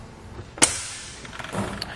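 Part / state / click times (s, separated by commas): tilt latch of a hitch-mounted bike rack mast / seated / 0.6 s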